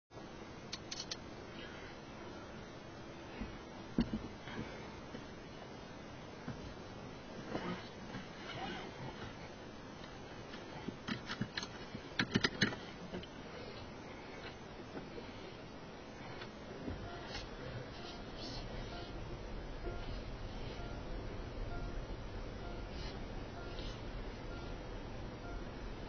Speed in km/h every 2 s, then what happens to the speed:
0, 0, 0, 0, 0, 0, 0, 0, 2, 0, 0, 0, 2.
0-26 standing.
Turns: none.